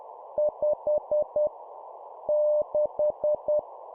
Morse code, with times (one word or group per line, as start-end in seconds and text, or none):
0.4-1.5 5
2.3-3.6 6